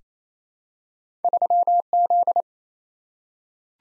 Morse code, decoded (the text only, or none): 3Z